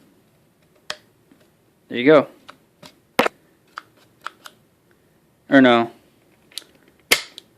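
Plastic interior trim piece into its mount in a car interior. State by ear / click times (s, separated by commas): seated / 7.1 s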